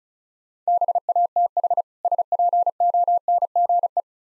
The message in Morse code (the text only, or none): BATH SPONGE